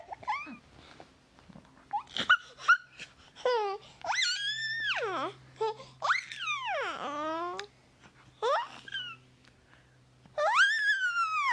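A happy baby coos and squeals, with bright, sliding cries that swoop up and then drop, longest near four, six and ten seconds. Shorter babbles and gasps fill the gaps, and a low steady hum runs underneath.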